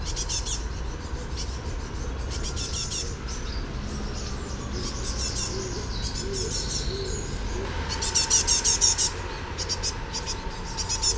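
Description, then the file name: Great tit chattering calls, bursts of buzzy ticks separated by quieter stretches, with a louder rattling run near the end and persistent low rumble. "Parus major"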